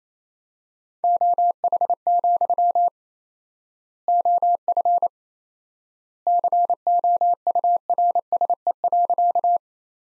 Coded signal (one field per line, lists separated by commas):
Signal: Morse code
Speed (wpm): 28 wpm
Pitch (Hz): 700 Hz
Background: none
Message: OH, OF COURSE.